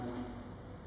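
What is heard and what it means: A microphone connector is handled and twisted at the socket of a bat detector, with its central locking part being turned to lock it. Only a steady low rumble and broadband noise are heard, with no distinct hits; nothing has seated or clicked yet.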